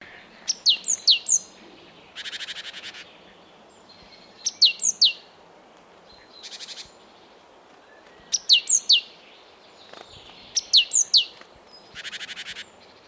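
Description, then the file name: Great tit calls: clusters of thin, high descending notes, each followed by a harsh buzzy churr, repeated several times. "Parus major"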